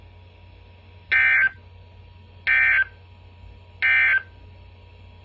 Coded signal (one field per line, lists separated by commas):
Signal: Emergency Alert System (SAME) tones